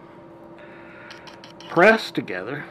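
An adapter module is lined up with the blue alignment dots on a MUSTART TravelMaster Level 2 portable EV charger control box before the two are pressed together. Only small handling noises are heard over a steady hum while someone talks. Nothing has seated or clicked yet.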